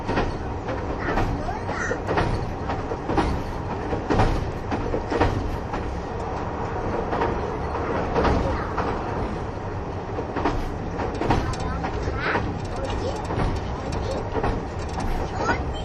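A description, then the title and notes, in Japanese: Running sound aboard the KiHa 71 series Yufuin no Mori diesel express: a steady, dense rumble fills the low end throughout. Sharp rail clicks break through at fairly regular intervals, roughly every second or so, over a constant rolling hiss. キハ71系 ゆふいんの森03号02 日田～由布院。走行音(音の旅)。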